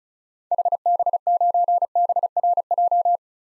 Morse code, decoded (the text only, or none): HB9BRJ